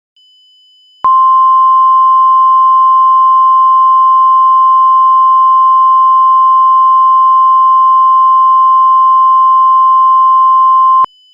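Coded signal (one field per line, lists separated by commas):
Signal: Emergency Alert System (SAME) tones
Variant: 1050 Hz attention tone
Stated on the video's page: Mock Severe Thunderstorm Warning alert, not a real broadcast.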